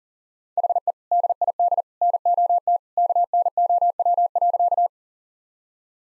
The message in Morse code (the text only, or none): HE DID NOT KNOW.